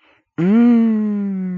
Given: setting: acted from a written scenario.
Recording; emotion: vocal sound without words; desire